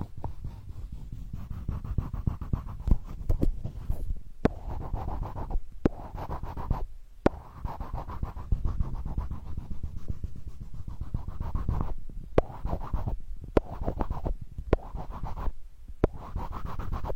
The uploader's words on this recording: Healing sandalwood tapping experience SPA.